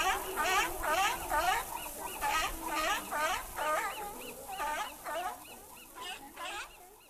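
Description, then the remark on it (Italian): Seals barking in a steady run of loud, harsh, honking calls, repeating about twice a second and overlapping one another, with no voices over them. “Stavo salutando le amiche foche.”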